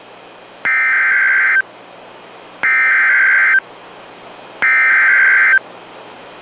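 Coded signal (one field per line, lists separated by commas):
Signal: Emergency Alert System (SAME) tones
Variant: header bursts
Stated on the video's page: Severe thunderstorm warning received on NOAA Weather Radio.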